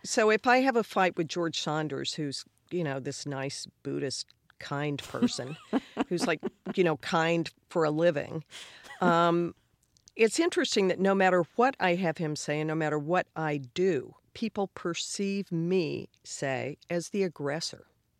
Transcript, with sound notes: So if I have a fight with George Saunders, who's, you know, this nice, Buddhist, kind person...
(Laughter).
...Who's, like, you know, kind for a living, it's interesting that no matter what I have him say and no matter what I do, people perceive me, say, as the aggressor.